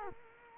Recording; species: mosquito wingbeat signal from an infrared sensor; Culex quinquefasciatus